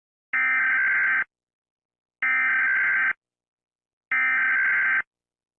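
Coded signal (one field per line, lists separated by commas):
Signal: Emergency Alert System (SAME) tones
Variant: header bursts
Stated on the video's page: Fictional entertainment scenario using valid EAS tones.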